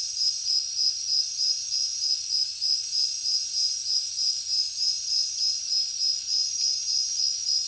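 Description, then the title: Rhythmic cricket chirping, a bright pulse roughly three times a second, set against a continuous hissing insect chorus. Heavy cricket chorus at night in a jungle. "alex productions ambient music nature. Jungle night heavy crickets"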